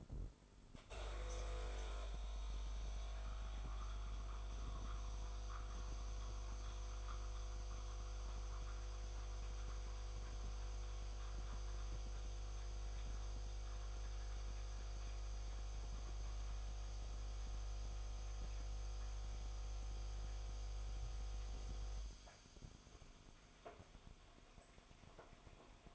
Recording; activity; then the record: daily activity, microphone in the room; make coffee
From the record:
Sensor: 5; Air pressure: 988.6 hPa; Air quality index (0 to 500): 225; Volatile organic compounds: 145 ppm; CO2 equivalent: 4001 ppm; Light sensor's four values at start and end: 41/127/49/53 and 41/127/49/53